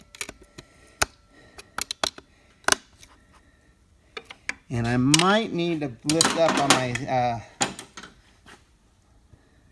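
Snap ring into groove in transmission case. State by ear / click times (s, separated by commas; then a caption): not seated / none. A steel snap ring is pressed with a long screwdriver toward its groove in the case of a Toyota A340E transmission, giving sharp metallic taps and ticks from about 1.0 to 2.7 s and again near 4.5 s. Someone talks from about 4.7 to 7.5 s, followed by a few softer clicks near 7.6 to 8.0 s. The snap ring has not seated in its groove yet, so the output shaft is to be lifted before trying again.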